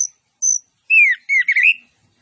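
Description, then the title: Orange-headed thrush song: two thin high whistles, then a lower, slurred, warbling phrase that ends with a rising note. Master (masteran) audio of an actively singing bird, with full fill-in phrases that include mimicked cililin notes. "Anis Kembang Gacor 15. MASTERAN ANIS KEMBANG ISIAN FULL DENGAN TEMBAKAN CILILIN"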